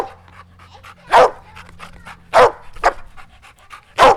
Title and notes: Perro Atado Ladrando. Mapa Sonoro Ciudad de La Plata